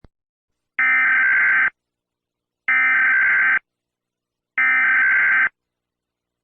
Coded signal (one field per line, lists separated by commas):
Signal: Emergency Alert System (SAME) tones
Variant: header bursts